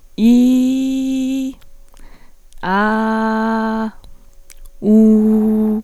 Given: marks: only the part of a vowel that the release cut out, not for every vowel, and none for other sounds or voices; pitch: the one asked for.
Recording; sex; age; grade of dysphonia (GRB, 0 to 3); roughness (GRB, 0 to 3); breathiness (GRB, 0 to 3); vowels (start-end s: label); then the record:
sustained vowels; female; 20 to 29 years; 0; 0; 0
0.36-1.41 s: vowel /i/, high pitch
2.90-3.78 s: vowel /a/, high pitch
5.01-5.66 s: vowel /u/, high pitch
From the record:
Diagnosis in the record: healthy voice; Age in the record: 21 years